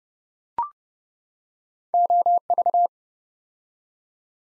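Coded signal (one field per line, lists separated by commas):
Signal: Morse code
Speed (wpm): 30 wpm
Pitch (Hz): 700 Hz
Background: none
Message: OV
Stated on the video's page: Morse practice set building 8-letter words two letters at a time at 30 wpm, for instant character recognition training.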